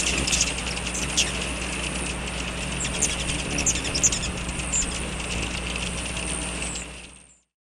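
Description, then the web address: Hummingbird twittering, a fast, buzzy run of tiny high chips and squeaks that continues steadily, then fades out, with a low hum beneath. "hummingbird Hummingbird Sounds, Chirps and Calls"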